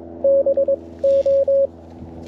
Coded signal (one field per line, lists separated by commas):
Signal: Morse code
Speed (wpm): 19 wpm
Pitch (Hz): 560 Hz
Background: radio noise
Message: BO